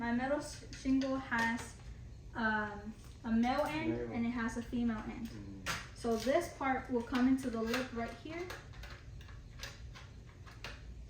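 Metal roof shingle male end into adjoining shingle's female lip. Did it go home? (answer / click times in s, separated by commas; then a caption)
yes / 10.6 s. A person talks while sliding the male end of a metal roof shingle into the lip, the female end, of the adjoining shingle. Light taps follow the speech, and a sharp snap at 10.6 s marks the shingle seating into its interlock.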